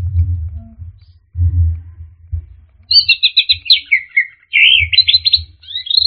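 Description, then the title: Orange-headed thrush singing a fast, jumbled burst of chattering and whistled notes after a few seconds of low rumbling background noise. "anis_merah"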